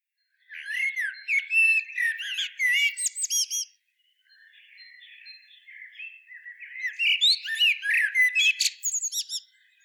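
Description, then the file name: Common blackbird singing: rich warbled whistles mixed with high squeaks, a quieter subdued warble in the middle, then another lively phrase with shrill twittering flourishes. "Turdus merula"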